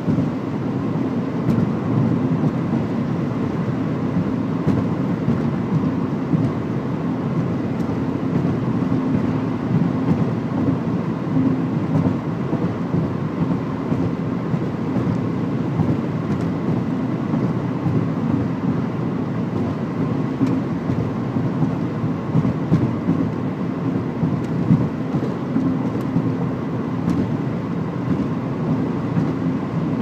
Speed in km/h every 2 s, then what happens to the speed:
99, 100, 100, 101, 100, 100, 100, 100, 100, 100, 100, 100, 100, 101, 101.
0-30 steady at about 100.